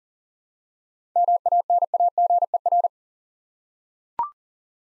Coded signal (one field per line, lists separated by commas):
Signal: Morse code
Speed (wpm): 42 wpm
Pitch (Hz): 700 Hz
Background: none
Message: MANAGER